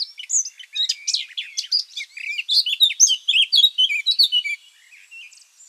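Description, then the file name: Eurasian blackcap song: a lively, fast warble of varied chirps and short whistles that tails off near the end. "Sylvia atricapilla"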